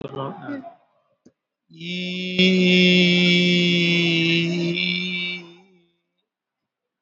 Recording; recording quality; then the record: sustained vowel as in beet; excellent, no background noise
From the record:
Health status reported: exposed to COVID-19, no respiratory illness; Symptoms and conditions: cold, diabetes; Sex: male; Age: 52 years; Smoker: no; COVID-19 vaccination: both doses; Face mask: worn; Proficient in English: yes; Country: India